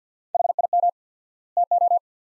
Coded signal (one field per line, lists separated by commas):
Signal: Morse code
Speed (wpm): 45 wpm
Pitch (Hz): 700 Hz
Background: none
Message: HIM TO